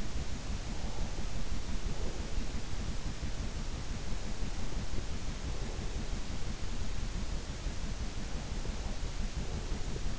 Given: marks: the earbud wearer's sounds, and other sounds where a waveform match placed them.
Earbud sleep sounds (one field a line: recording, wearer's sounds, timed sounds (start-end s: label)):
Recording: sounds in sleep by an in-ear microphone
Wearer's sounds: breath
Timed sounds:
0.00-2.67 s: breath
9.30-10.19 s: breath